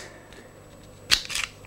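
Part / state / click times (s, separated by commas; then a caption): magazine into pistol grip / not seated / none. A practice-loaded magazine, taken at random, is pushed into the grip of a Ruby-type pistol to test whether it fits and is held by the magazine catch hook. After quiet handling, a sharp bright clack at about 1.1 s is followed by a short burst of scraping rattle around 1.3–1.4 s. The clip ends before the magazine goes home, so nothing has seated or clicked yet.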